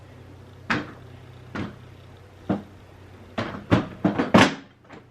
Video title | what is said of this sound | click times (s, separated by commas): WHAT TO PUT ON BABY REGISTRY 2020 - Simple & Easy Checklist for First Time Moms - TheFortitudeFix | nice solid click okay so | 0.7 s